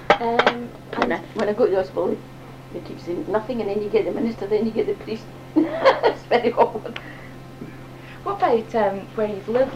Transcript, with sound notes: And when I go to the hospital, I keep saying "Nothing" and then you get the minister, and then you get the priest! [laughs] It's very awkward!
What about where you've lived.